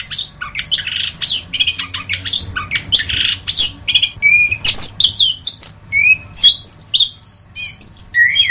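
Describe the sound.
Orange-headed thrush singing rapid harsh chattering phrases that give way to clearer whistled and slurred notes, continuous and varied.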